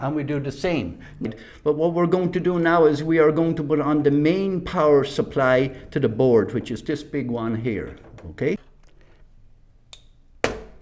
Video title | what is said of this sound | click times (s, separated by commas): Asus Prime Z690-A motherboard - Review & Installation | pushes in and it clicks when you hear the click you know you're in you | 10.4 s